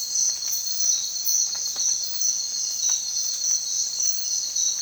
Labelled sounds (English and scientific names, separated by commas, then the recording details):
none
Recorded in secondary vegetation near Puerto Asís, Putumayo, Colombia, on 25 June 2025 at 05:30
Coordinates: 0.499, -76.323
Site G077